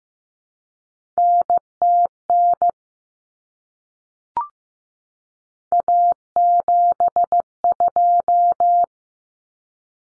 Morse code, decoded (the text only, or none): NTN A72